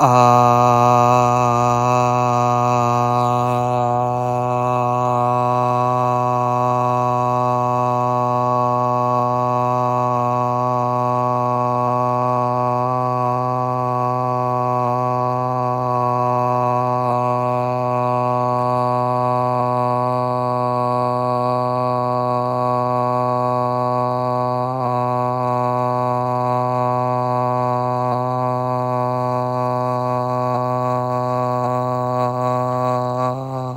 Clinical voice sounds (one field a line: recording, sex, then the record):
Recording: sustained vowel /a/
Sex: male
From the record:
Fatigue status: no fatigue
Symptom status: asymptomatic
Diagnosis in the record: COVID-19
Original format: m4a